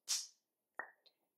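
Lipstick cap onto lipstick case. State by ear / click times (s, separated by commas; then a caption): seated / 0.8 s. A lipstick cap in gold metal packaging is pushed shut onto the lipstick case. A short airy, high-pitched rush sounds first, then a sharp click at 0.8 s rings briefly with a bright tone, followed by a faint tick just after 1.0 s. The cap clicks shut and is seated.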